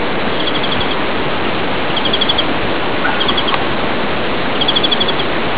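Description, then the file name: European greenfinch song: brief rapid trilled bursts, high and thin, repeated every one to two seconds over a constant loud hiss of background noise. "Carduelis chloris song"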